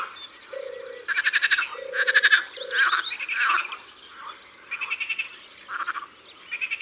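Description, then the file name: Marsh frog giving rattling, laughing croak bursts, several in quick succession, with a few short steady low tones at the start. Recorded in the Drôme, France. "Grenouilles rieuses Concerts Naturels de la Drome Studio les Trois Becs"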